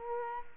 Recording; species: mosquito wingbeat signal from an infrared sensor; Culex quinquefasciatus